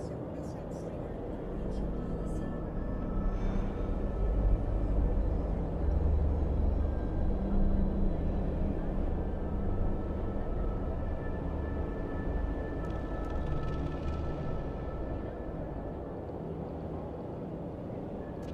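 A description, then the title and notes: A futuristic city ambience: a dense, steady low rumble of traffic-like drone that swells slightly around the middle. Two thin, high-pitched hums run almost unbroken throughout, and faint clicks and ticks surface near the start and again around thirteen seconds. Futuristic city ambience.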